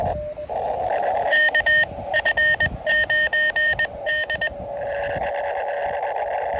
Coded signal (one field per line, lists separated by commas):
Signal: Morse code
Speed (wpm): 20 wpm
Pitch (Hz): 1850 Hz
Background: radio noise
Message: KF9D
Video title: KD2YDN activates W2/GC-056 & W2/GC-003 in K-8070 for 26 pts. SOTA/POTA qrp.